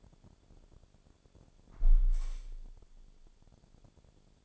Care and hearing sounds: daily activity, microphone in the room; close window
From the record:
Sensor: 5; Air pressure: 1000.6 hPa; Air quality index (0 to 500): 156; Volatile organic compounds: 2 ppm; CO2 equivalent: 1190 ppm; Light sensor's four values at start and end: 39/92/38/41 and 39/92/38/41

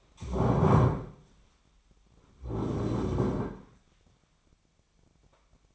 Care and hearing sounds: daily activity, microphone in the room; stand up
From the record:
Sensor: 1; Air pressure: 1009.4 hPa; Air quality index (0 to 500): 182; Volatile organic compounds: 3 ppm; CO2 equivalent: 1532 ppm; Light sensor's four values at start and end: 45/120/50/60 and 44/117/49/58

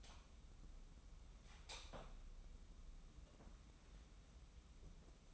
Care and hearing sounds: daily activity, microphone in the room; light on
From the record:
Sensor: 1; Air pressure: 994.5 hPa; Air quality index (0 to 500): 225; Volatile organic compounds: 1000 ppm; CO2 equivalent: 8100 ppm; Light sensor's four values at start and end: 136/308/138/152 and 146/339/150/165

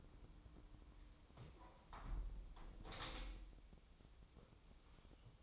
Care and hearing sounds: daily activity, microphone in the room; close window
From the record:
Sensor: 1

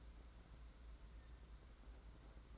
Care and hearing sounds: daily activity, microphone in the room; open fridge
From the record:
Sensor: 3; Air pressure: 991.8 hPa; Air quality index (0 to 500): 216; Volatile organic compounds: 1000 ppm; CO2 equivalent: 7365 ppm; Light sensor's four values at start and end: 32/95/39/33 and 32/95/39/33

